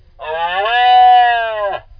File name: C elaphus hispanicus